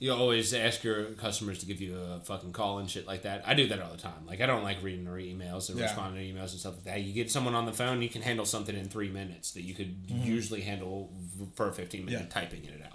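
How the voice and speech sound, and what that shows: An adult man talks casually and fluently in a low-pitched voice at a brisk conversational pace, with only brief pauses. Voice quality is clear, with no blocks, repeats, slurring or strain: ordinary typical speech in a small room.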